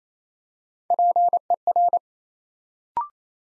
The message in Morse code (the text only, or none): PER